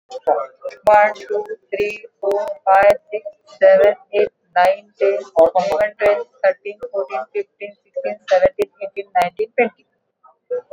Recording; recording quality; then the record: counting at a normal pace; excellent, no background noise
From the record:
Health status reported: exposed to COVID-19, no respiratory illness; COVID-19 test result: negative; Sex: female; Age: 54 years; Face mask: not worn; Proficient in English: yes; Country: India